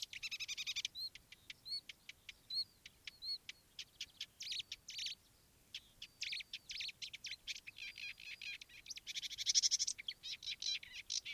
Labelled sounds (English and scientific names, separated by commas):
Marsh Warbler (Acrocephalus palustris)